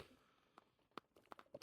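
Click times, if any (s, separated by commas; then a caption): none. Fingers push the right comfort liner retaining tab into a helmet shell, and the tab resists. A few short, faint taps and scrapes are heard around 0.6, 1.0, 1.3, 1.4 and 1.6 s. Nothing has clicked or seated yet.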